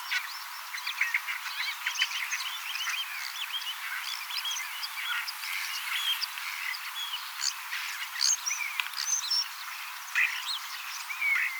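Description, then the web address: Common starling song, loose chatter of slurred whistles, squeaks and clicks, with some brighter whistled notes near the end. Young starlings singing and practising song, mimicking several other species a little; 18 October 2024. "paivat 18 10 2024 kasittaakseni kottaraisnuoret laulavat lauluharjoittelevat useita lajeja matkivat hiukan"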